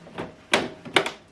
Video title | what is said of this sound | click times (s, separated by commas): How to Replace Ink Cartridges in the HP® ENVY® Inspire 7224E WIRELESS / WIFI PRINTER | you hear a click sound | 1.0 s